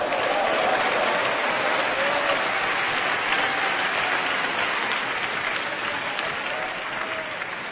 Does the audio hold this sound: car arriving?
no